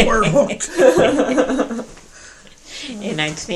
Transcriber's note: laughter, shouts